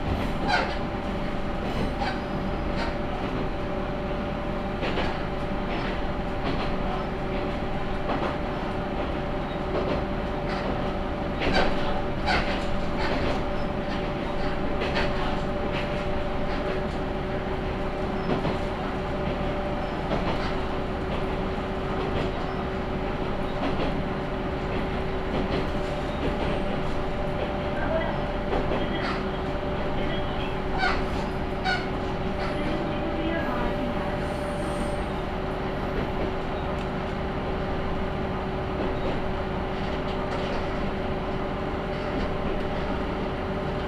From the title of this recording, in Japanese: 天竜浜名湖鉄道 西気賀→三ヶ日